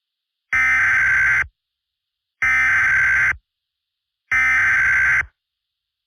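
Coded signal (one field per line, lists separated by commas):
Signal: Emergency Alert System (SAME) tones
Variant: header bursts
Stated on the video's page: Fictional EAS scenario about a volcanic eruption.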